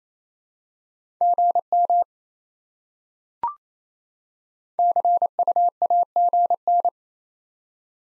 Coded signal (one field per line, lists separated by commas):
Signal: Morse code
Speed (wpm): 28 wpm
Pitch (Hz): 700 Hz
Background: none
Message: GM CUAGN